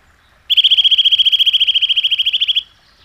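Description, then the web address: Eurasian nuthatch giving a fast, even trill of many clear piping notes at one steady pitch, lasting around two seconds, then silence. "Madardalok Csuszka"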